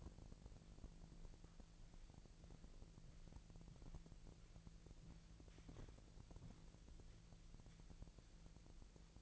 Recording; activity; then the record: daily activity, microphone in the room; walk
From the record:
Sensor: 5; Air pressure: 1002.2 hPa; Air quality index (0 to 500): 238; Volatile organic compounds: 26 ppm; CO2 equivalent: 2858 ppm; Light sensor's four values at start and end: 31/74/31/33 and 31/74/31/33